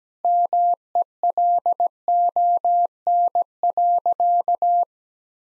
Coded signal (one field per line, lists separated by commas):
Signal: Morse code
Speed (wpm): 17 wpm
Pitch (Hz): 700 Hz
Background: none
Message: MELON.